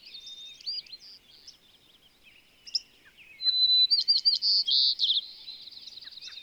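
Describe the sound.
Bird song: scattered high chips and whistles, then a loud run of rapid buzzy trilled phrases followed by a fainter rattling trill.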